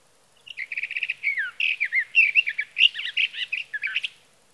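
Sage thrasher song beginning with a fast rattle of repeated notes, then a long run of twisting warbled phrases, bright and energetic throughout.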